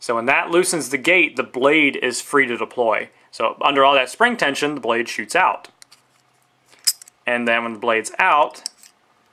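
Someone talks while handling a partly disassembled Microtech Ultratech out-the-front knife, showing how its blade deploys under spring tension and locks open against the locking door in the handle. Brief faint metallic ticks come between the speech, around 5.9 s, 7.0 s and 8.9 s. The blade has not yet locked into place, and nothing has seated or clicked by the end of the clip.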